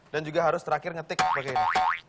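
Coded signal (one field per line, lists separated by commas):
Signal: none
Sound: an old phone's beeps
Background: speech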